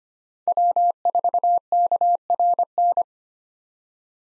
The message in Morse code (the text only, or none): W4KRN